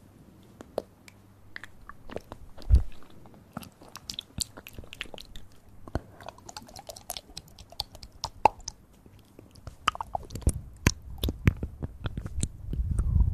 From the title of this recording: Sensitivity Spine Tingling Mouth Sounds